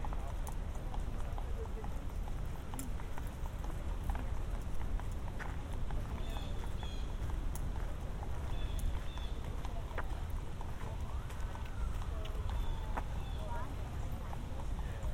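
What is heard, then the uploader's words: A walk through Central Park, with a steady, dense wash of voices and outdoor noise throughout. Sharp clicks recur regularly, like footsteps or the clip-clop of hooves, while brief high chirps appear now and then and a sliding tone passes around eleven seconds. Walk through Central Park. A walk from east to west across central park around 72nd street.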